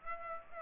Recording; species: mosquito wingbeat signal from an infrared sensor; Aedes aegypti